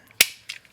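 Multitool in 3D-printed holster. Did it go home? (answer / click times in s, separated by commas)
released / 0.2 s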